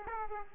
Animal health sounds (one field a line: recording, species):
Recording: mosquito wingbeat signal from an infrared sensor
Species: Aedes aegypti